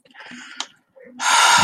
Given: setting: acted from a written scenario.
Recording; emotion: vocal sound without words; ecstasy